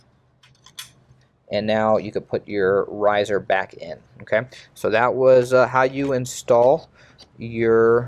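A plastic card retention latch on a Dell PowerEdge R730xd server riser is pushed back up over a network card's bracket after the card is seated in its slot. Small clicks come just before a short snap at 0.8 s as the latch closes. Someone then talks.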